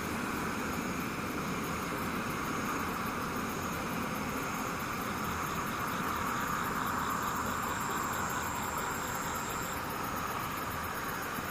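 Rain falls in a dense, unbroken hiss with insects and cicadas droning through it. A thin high whine holds steady until about ten seconds, then drops away, while a low rumble and a brighter band of noise continue at an even level throughout.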